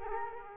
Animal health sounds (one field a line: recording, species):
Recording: mosquito wingbeat signal from an infrared sensor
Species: Culex quinquefasciatus